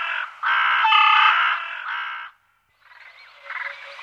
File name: Corvus frugilegus